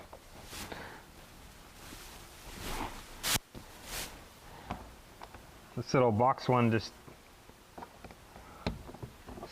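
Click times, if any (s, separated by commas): none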